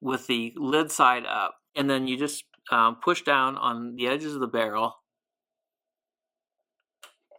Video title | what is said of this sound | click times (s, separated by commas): Benrus Sea Lord Watches (ETA 2370 Movements) Repair - Part 1 | until you hear the snap like that, which means that it's that the lid is broken free. | 7.0 s